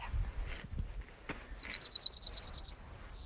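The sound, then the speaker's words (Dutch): A stonechat sings from a stake in bramble scrub, a quick run of about a dozen bright, high chirps in steady rhythm, then ends with a couple of thin, higher whistled notes. The song is clear above a quiet background. “ik denk dat vooral die roodborstenpuiten dat ook doen, die zitten niet alleen te zingen”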